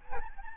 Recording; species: mosquito wingbeat signal from an infrared sensor; Aedes albopictus